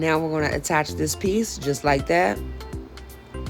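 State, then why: Seated. Someone talks while the next panel of an IKEA IDANAS dresser is attached and pushed down, so its plastic snap connector goes into the dresser leg. A sharp snap is heard at 3.5 s as the connector clicks home and the panel is seated.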